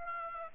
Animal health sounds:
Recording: mosquito wingbeat signal from an infrared sensor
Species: Aedes aegypti

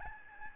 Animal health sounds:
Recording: mosquito wingbeat signal from an infrared sensor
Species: Aedes albopictus

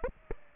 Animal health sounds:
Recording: mosquito wingbeat signal from an infrared sensor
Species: Aedes aegypti

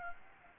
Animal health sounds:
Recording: mosquito wingbeat signal from an infrared sensor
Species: Aedes aegypti

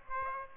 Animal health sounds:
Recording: mosquito wingbeat signal from an infrared sensor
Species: Aedes aegypti

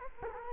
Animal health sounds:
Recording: mosquito wingbeat signal from an infrared sensor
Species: Culex quinquefasciatus

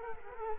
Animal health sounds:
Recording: mosquito wingbeat signal from an infrared sensor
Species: Culex quinquefasciatus

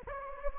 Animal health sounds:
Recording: mosquito wingbeat signal from an infrared sensor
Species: Anopheles gambiae

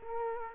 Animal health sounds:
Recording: mosquito wingbeat signal from an infrared sensor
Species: Culex quinquefasciatus

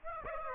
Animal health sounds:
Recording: mosquito wingbeat signal from an infrared sensor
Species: Aedes aegypti

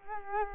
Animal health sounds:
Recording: mosquito wingbeat signal from an infrared sensor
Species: Culex quinquefasciatus

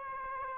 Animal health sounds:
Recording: mosquito wingbeat signal from an infrared sensor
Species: Aedes aegypti

